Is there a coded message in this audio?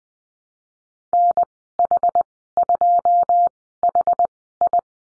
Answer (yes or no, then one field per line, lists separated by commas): yes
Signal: Morse code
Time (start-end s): 1.1-4.8 s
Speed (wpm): 20 wpm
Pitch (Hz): 700 Hz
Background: none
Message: NH2HI